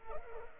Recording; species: mosquito wingbeat signal from an infrared sensor; Culex pipiens